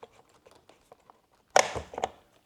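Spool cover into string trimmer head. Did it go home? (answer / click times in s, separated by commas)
yes / 1.6 s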